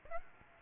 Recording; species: mosquito wingbeat signal from an infrared sensor; Aedes aegypti